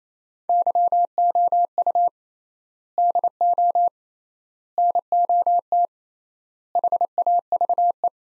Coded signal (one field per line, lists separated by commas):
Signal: Morse code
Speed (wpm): 28 wpm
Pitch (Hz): 700 Hz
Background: none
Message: YOU DO NOT HAVE